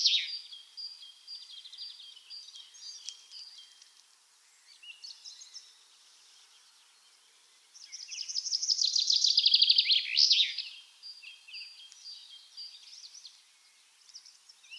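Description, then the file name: Common chaffinch song, one loud descending rattling phrase with a final flourish midway through, amid fainter high chirps. "Fringilla coelebs"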